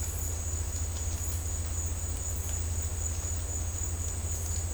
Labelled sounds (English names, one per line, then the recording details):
none
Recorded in dense forest near Puerto Asís, Putumayo, Colombia, on 21 December 2024 at 11:30
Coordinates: 0.466, -76.327
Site G075